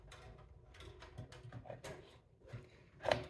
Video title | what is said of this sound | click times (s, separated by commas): FIRST CHANNEL PC BUILD | for the click it clicks in I'm going to screw that in but first we | 3.1 s